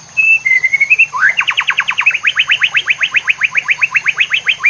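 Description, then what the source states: White-rumped shama song: brief level whistles followed by a long, fast, regular trill of sharp rising notes. Master song (masteran) for training cage birds, murai batu labaik style.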